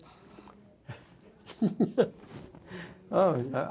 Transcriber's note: laughs